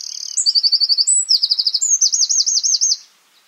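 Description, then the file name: Eurasian wren song, a bright fast stream of high rattling trills changing pitch between sections, the final trill slower and wavering before the song stops abruptly. "Troglodytes troglodytes"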